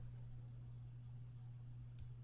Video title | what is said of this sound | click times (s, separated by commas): Live Apple Watch Unboxing Stainless Steel HD | And it does a little clicking sound. | 2.0 s